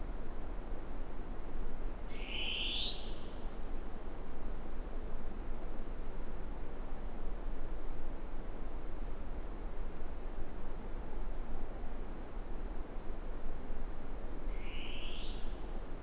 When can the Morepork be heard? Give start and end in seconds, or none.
none